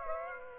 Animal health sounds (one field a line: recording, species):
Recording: mosquito wingbeat signal from an infrared sensor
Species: Aedes aegypti